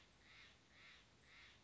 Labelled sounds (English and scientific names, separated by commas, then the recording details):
Steller's Jay (Cyanocitta stelleri)
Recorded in Sonoma County, California